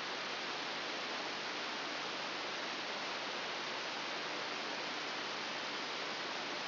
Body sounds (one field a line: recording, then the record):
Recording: brain microelectrode recording played as sound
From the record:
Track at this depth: inside the subthalamic nucleus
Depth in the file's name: 0.609 mm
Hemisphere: right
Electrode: 3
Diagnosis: Parkinson's disease